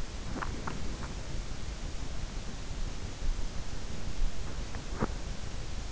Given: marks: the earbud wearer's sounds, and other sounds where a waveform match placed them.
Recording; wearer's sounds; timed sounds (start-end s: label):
sounds in sleep by an in-ear microphone; swallowing, body movement
0.00-1.76 s: swallowing
3.99-5.51 s: body movement